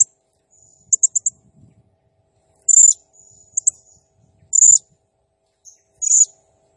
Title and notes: Burung Serindit Nembak Gacor. Suara Nasteran Dan Pemikat Burung Serinditan Gacor